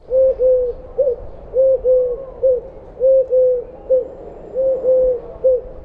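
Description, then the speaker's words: Eurasian Collared Dove calling: clear three-note cooing phrases, two longer notes followed by a shorter one, repeated four times in quick succession. Clear, three-syllable call, rendered roughly as 'du du du'. "Türkentaube ruft klar und dreisilbig etwa du du du."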